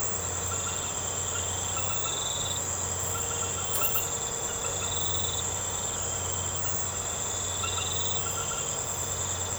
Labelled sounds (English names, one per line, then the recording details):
none
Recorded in secondary vegetation near Puerto Asís, Putumayo, Colombia, on 21 March 2025 at 00:00
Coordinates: 0.468, -76.324
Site G059